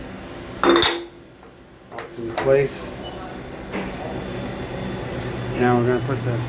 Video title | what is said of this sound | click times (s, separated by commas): Vice cleaning video | that just rotates back locks into | 0.6 s